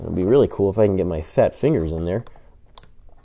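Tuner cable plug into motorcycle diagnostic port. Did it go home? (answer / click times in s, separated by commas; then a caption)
yes / 2.8 s. Someone talks while pushing a Power Vision 4 tuner cable plug from Fuel Moto into the diagnostic/ECU electronic port of a Harley-Davidson Sportster, with the bike off, in a tight fit. After the talking stops, a single sharp click is heard at 2.8 s as the plug seats and mates with the port, followed by a faint tick.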